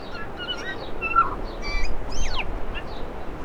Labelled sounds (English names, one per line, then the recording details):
New Zealand Bellbird song
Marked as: Alarmy(short+highbit), Alarmy(twobitCUV+stutter+beware), Chortle_Ghh, Cheesy, CUVsqueak, Alarmy(short+up)
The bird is a male
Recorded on Cuvier Island, New Zealand, on 4 November 2016
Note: LongSeqRepClicksWheezeSyllable